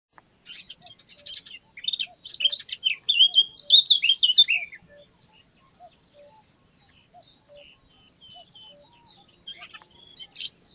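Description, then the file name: Eurasian blackcap song: a fast, scratchy warble turning into clearer fluty notes for about four seconds, then a short quieter phrase near the end; a faint low note repeats in the background. "Sylvia atricapilla"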